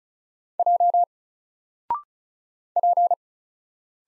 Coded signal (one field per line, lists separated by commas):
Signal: Morse code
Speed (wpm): 36 wpm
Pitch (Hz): 700 Hz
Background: none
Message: J P